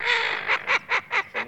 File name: Свиязь Fischione